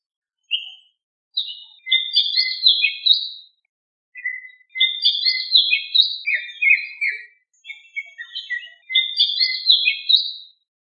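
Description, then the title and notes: Bird delivering bursts of rapid, high chirping and twittering notes in short phrases separated by brief silences. Indonesia. "Kicau Burung Indonesia"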